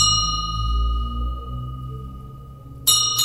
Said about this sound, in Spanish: Seguramente usted se estará preguntando por qué ahora suena esa campana.